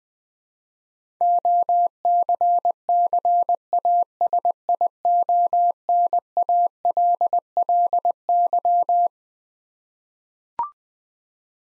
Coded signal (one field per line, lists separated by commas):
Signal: Morse code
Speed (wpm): 20 wpm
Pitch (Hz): 700 Hz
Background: none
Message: OCCASIONALLY